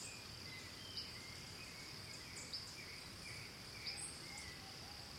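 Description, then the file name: Cricket chirping as a constant high-pitched trill, while a few brief bird chirps and faint whistles break in. Ambience recorded in Costa Rica, with birds and crickets. "Birds Crickets Costa Rica Pleasant Chirps"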